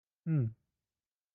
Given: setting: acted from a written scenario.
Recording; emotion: vocal sound without words; neutral